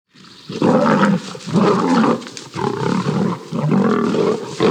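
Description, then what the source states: Lion roaring snarls: several loud, raspy bursts, each about a second long with short pauses, deep and growling with a harsh edge. Lions fighting.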